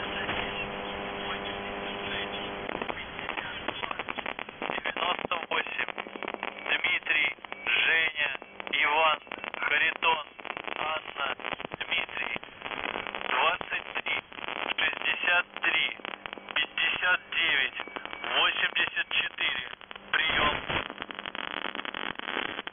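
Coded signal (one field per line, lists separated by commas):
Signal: numbers station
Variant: UVB-76, Russian voice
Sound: brief buzzy tone, then a voice reading a message through heavy crackling and clicks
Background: radio static, transmitter clicks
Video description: 0:00-2:05 Message 1 - 14:27 UTC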